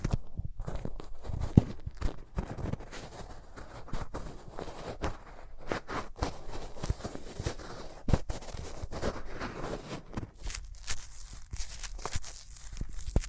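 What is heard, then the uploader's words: Hands rub very close to the microphone in a dense, continuous rustle of friction, broken by frequent soft thumps and brushing strokes every second or so. The sound is full, with muffled low bumps under a bright, papery scratch and no talking. Rubbing Your Ears in My Hands Sensitive, Close Up Triggers (No Talking).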